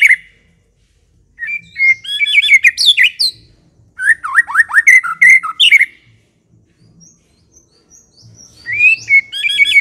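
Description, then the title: White-rumped shama song: rich whistled phrases of rapid rising and falling notes, in bursts separated by pauses. Song used as a lure to provoke an aggressive fighting bird. "Pancingan Murai Batu Galak"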